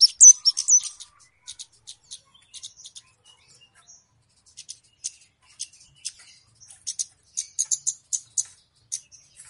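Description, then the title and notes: Flowerpecker calls: sparse, very high dry ticks and chips at irregular intervals, with a short cluster of sharper notes at the start and a busier burst near the end. Lure call used for catching birds. "Kicau Pancing Burung Kemade ( Cabe Cabean). Suara Burung Cabe Cabean Pikat"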